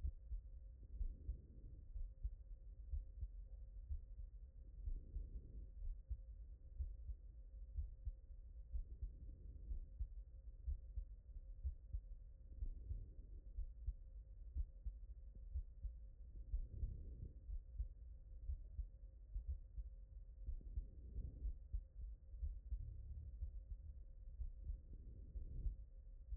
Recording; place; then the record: heart sounds by stethoscope; tricuspid valve (TV)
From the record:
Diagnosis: non-HFrEF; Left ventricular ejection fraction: 60%